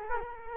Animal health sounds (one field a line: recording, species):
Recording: mosquito wingbeat signal from an infrared sensor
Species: Culex quinquefasciatus